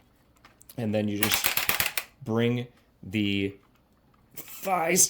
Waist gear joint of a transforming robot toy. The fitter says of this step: everything to line up correctly, like so, and it'll lock into place.